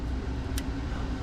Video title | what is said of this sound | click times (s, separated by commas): DURAMAX broke down! Big Money! Sierra 6.6 Turbo Diesel Fuel System P0204 P0300 | audible click tells us that it's good | 0.6 s